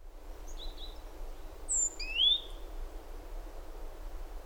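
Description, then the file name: Great tit giving a single call of a high thin note and a lower rising slur, preceded by faint short notes, against low steady background noise. "Parus major"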